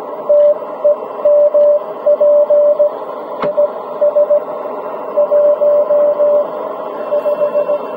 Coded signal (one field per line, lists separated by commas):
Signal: Morse code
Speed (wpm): 17 wpm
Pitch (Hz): 590 Hz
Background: radio noise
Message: TEMP IS 15